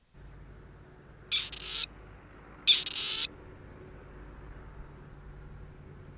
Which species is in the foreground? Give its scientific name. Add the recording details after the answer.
Perdix perdix. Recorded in the wild. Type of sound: call. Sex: male. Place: Adamclisi, Dobrogea, RO. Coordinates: 44.086, 27.956. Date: 1973-05-02. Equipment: Nagra III BH, Sennheiser MD 21, parabola. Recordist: Schubert, Michael. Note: Rufe Rebhahn (nur 2 x)